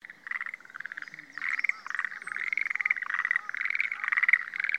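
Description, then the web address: Schlegel's green tree frog calls: quick rattling pulse trains that grow louder and run into one another without a break. 18 April 2014. "birdenaga sch aogaeru 140418"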